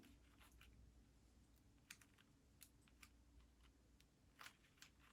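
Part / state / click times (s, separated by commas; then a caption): coupler tab into the slot of an N scale passenger car / not seated / none. A plastic coupler tab is slid up into the slot on an N scale passenger car, where it is meant to slide in until it clicks. Only a scattering of faint, sharp ticks and scrapes is heard over a low steady hum. The tab has not clicked into place.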